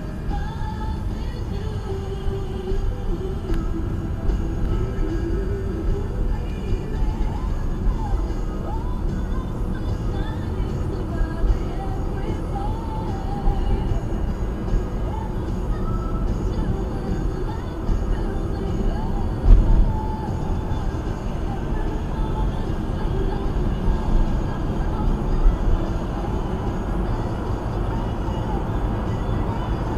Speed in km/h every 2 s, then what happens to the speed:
23, 21, 27, 34, 37, 40, 42, 45, 44, 42, 42, 44, 45, 47, 53.
2-14 speeds up to 45. 14-21 steady at about 42. 21-30 speeds up to 53.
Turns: none.